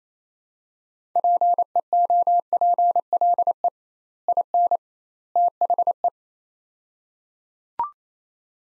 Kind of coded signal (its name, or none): Morse code